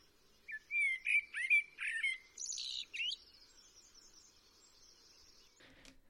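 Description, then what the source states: Eurasian blackbird song: rich warbled phrases of varied fluty notes in the first three seconds, then a softer high twittering tail, ending with a brief click. Song rather than calls, played back for comparison.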